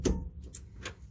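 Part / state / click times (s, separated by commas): torque wrench on tie rod end castle nut / torque reached / 0.5 s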